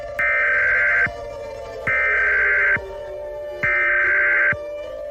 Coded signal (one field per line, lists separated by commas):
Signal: Emergency Alert System (SAME) tones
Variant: header bursts